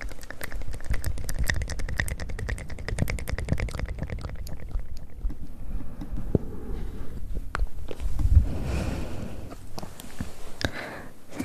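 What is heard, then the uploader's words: Close mouth sounds: a fast, dense run of wet clicks and smacks fills the first four seconds, then thins into slower, softer lip and tongue noises with breathy swishes. A sharper pop lands near eight seconds, and scattered clicks continue to the end. ASMR Close Mouth Sounds.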